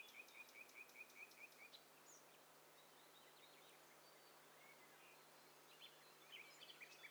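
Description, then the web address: Birds calling: a quick series of about eight short, high chirps, then scattered faint calls from other birds over a constant background hiss. Mixture of several birds from a stereo bird cocktail party challenge test set. "Hi Fi STEREO BIRD COCKTAIL PARTY Challenge"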